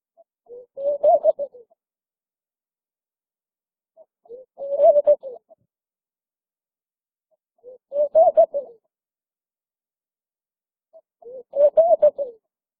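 Laughing dove repeating its low, chuckling coo phrase four times, roughly every three and a half seconds, with silence between.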